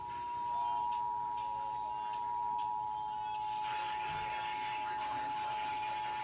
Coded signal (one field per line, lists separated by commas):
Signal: Emergency Alert System (SAME) tones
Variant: 853 and 960 Hz attention tone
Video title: 2021 Tsunami Communication Drill Los Angeles (EAS #6-#11)